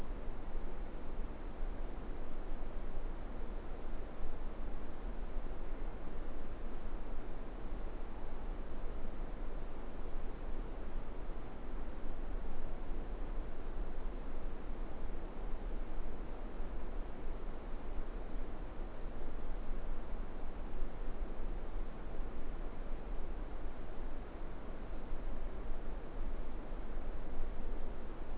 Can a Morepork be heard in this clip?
no